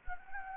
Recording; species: mosquito wingbeat signal from an infrared sensor; Anopheles gambiae